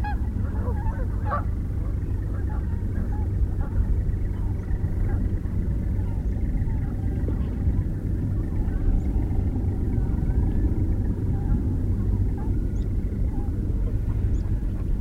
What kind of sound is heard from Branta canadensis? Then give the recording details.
call. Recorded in the wild. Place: Poggenhof, Insel Rügen, Mecklenburg-Vorpommern, DE. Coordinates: 54.531, 13.176. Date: 1973-10-01. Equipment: Nagra III BH, Sennheiser MD 21, parabola. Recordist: Schubert, Michael. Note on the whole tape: Kanadagänse (etwas dichter), viel tieffrequenter Lärm, sonst eigentlich sehr schön